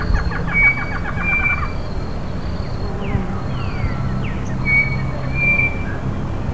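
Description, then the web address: Bird calls: a quick series of short chirps opens, then level high whistles and downslurred notes recur over a steady low rumble. "BIRD 2015 small 50 CLASSES SABIOD 50 bird 2015"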